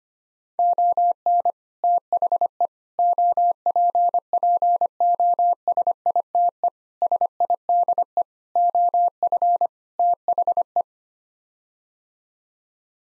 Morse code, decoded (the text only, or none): ON THE OPPOSITE SIDE OF THE